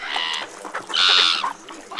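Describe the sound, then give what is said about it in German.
Gulls fly in, screeching loudly in harsh, drawn-out cries, two long raspy calls with shorter squawks between them, and no talking. “Schaut mal, jetzt kommen die Möwen angeflogen. Die kreischen ganz schön laut.”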